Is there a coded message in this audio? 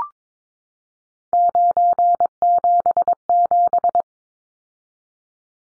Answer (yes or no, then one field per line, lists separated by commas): yes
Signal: Morse code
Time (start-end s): 1.3-4.0 s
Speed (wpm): 22 wpm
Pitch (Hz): 700 Hz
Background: none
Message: 977